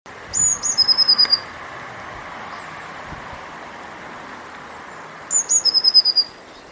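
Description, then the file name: Eurasian blue tit song: two high thin notes followed by a fast trill of short descending notes, given twice about five seconds apart over a low background rumble. "Cyanistes caeruleus"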